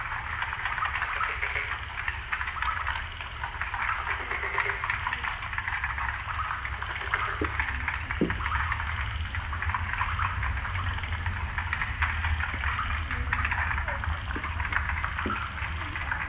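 An evening chorus of frogs, a dense, steady crackling chatter, with occasional sharper calls over a continuous low rumble in the background.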